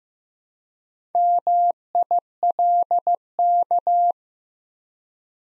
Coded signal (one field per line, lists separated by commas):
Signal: Morse code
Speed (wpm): 15 wpm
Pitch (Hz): 700 Hz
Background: none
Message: MILK